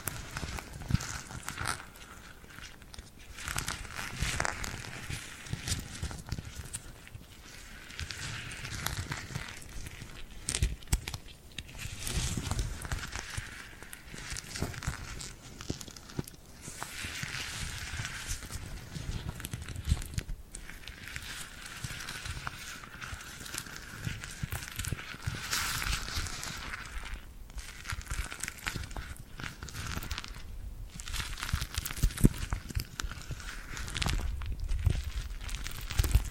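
Sticky, tacky hand sounds crackle and peel continuously, with dense crinkly bursts and brief pauses every few seconds, over a low rumble.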